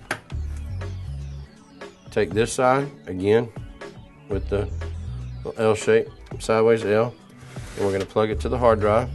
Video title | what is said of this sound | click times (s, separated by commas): Computer Basics Hardware #repair #machine #electrical #board #computer | going to push it till we clint hear it click | 0.1 s